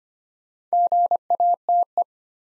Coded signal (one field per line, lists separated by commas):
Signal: Morse code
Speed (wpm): 25 wpm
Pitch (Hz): 700 Hz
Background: none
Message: GATE